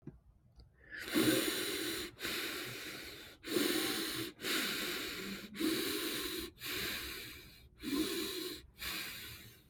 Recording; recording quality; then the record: deep breathing; excellent, no background noise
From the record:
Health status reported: healthy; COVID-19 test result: negative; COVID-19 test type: RT-PCR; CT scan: not taken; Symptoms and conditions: none ticked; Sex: female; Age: 22 years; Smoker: no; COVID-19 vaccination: both doses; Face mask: not worn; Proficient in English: yes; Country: United States